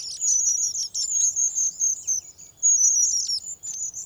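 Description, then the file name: Long-tailed tit producing a rapid stream of shrill, high-pitched notes and tiny trills with barely any pause. "Staartmees"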